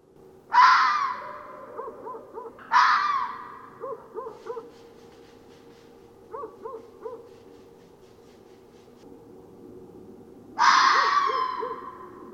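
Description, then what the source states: Red fox calling: three harsh, hoarse screams, each about a second long, with several quick triplets of short yaps between and after them. Recorded 1 December 2013.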